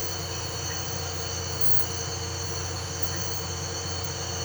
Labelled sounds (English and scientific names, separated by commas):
none